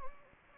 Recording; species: mosquito wingbeat signal from an infrared sensor; Anopheles gambiae